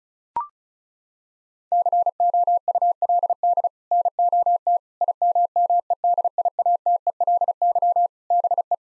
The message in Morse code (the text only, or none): COULD NOT IMMEDIATELY BE